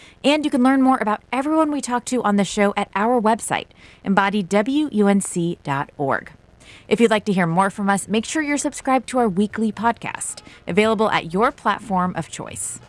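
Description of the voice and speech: A woman reads closing announcements fluently in a clear, steady, moderately pitched voice with natural pauses.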